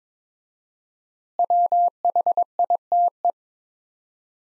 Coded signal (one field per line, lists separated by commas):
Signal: Morse code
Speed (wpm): 22 wpm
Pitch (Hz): 700 Hz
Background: none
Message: WHITE